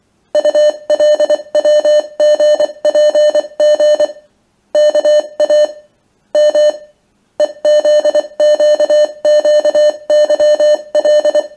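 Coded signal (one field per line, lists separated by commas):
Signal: Morse code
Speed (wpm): 24 wpm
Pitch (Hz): 600 Hz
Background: none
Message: ULWGPG KA M EZQQYL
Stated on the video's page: Morse code generated by the CrypTool 2 software component, including an Enigma-encrypted message played as Morse.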